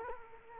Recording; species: mosquito wingbeat signal from an infrared sensor; Culex quinquefasciatus